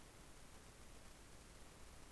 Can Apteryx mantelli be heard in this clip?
no